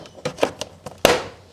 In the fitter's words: Okay, so you heard the click, and we are in, and I'll show you what it looks like.